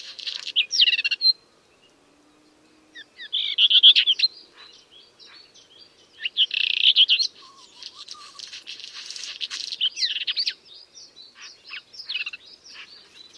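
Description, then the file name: Black redstart song: several scratchy, crackling phrases of high notes, each lasting a second or two, separated by short pauses and quieter twittering. "black redstart bird song"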